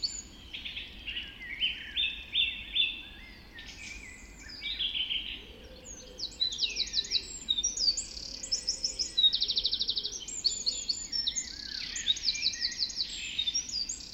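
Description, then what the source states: Birds in a dense dawn chorus, many overlapping high songs with rapid trills, chirps and bright whistled phrases running continuously. Dawn chorus recorded just after dawn in the Forest of Dean.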